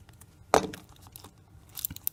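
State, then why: Seated. During a battery replacement on a Breitling Emergency 1 watch, a watch part is pressed back into the metal case on both sides. A loud, sharp click sounds at 0.5 s, followed by quieter ticks near the end. The part is seated, clicked in place on the left and right.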